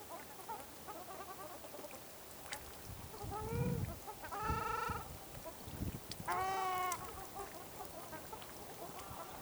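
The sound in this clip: Ruddy shelduck giving a few loud nasal honks in separate bursts.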